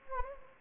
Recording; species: mosquito wingbeat signal from an infrared sensor; Anopheles gambiae